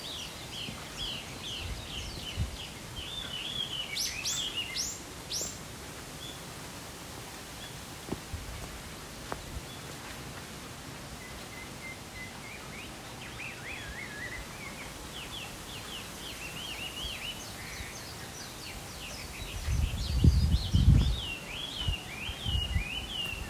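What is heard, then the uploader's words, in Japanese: Birds chirp and twitter steadily through a quiet outdoor setting, with bright, quick phrases repeating through the clip and a few sharp high calls near five seconds. A low rumble, like wind or handling, swells briefly around twenty seconds. 鳥さえずり中。ただひたすら鳥のさえずり。自然音 #野鳥。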